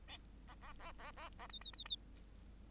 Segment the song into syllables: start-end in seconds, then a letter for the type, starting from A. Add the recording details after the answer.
0.47-0.55 A, 0.61-0.73 A, 0.79-0.92 A, 0.98-1.11 A, 1.17-1.29 A, 1.39-1.47 A, 1.49-1.59 B, 1.61-1.71 B, 1.73-1.84 B, 1.85-1.96 B. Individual Bird8